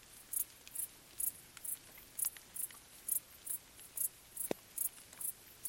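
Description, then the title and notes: Crickets stridulate in quick, high chirps a little more than twice a second, with occasional heavier drips and soft rain. Crickets stridulating late on a summer night during gentle rain on vegetation, along an abandoned railway track in Bad Boll, Baden-Württemberg, with the nearby village silent. "Crickets in gentle summer rain. crickets stridulating late at night whilst gentle summer rain falls on the surrounding vegetation. abandoned railway track in Bad Boll, Baden-Württemberg. Colin Hunter. Music for Sleep"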